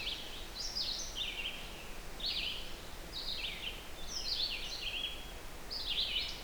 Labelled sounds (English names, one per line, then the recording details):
Red-eyed Vireo song
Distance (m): 50 m
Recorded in boreal forest in Alberta, Canada, on 16 June 2016 at 08:44
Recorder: SongMeter 3, array SBT-3-32
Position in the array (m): 148 m, 111 m